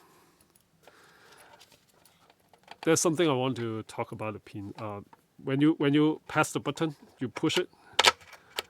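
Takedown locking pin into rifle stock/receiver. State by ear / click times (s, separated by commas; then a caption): not seated / none. Someone talks while pushing the takedown locking pin of a Steyr AUG A3 M1 rifle through the stock and receiver during reassembly, with sharp handling knocks from the pin near 8.0 and 8.6 seconds. The pin is pushed too far, so nothing has clicked and the pin is not locked.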